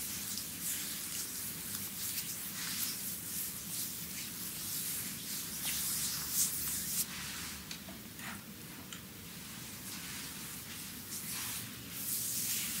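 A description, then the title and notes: A Chinese bamboo massage, heard as a steady, dense hiss of rubbing and brushing with a crackly, fizzing grain. Short bright scrapes flare up every second or so, strongest around six to seven seconds, over a constant low murmur underneath. ASMR Chinese Bamboo Massage.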